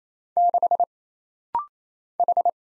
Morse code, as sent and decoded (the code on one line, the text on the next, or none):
-.... / ....
6 H